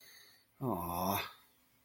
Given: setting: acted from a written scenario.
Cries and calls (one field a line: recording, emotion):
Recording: vocal sound without words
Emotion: sympathy